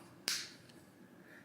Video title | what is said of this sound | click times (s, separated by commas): How To Reset Samsung Smart Tag (Factory Reset) | Now that it's kind of popped open, I just take the penny and kind of run it around the perimeter | 0.3 s